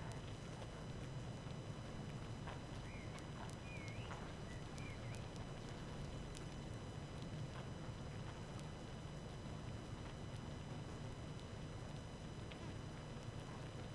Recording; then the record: honeybee colony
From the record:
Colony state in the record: active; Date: 12 June 2018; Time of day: 18:54